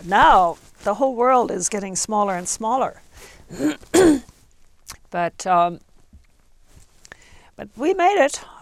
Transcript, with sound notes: Now, the whole world is getting smaller and smaller. (she clears her throat) But we made it.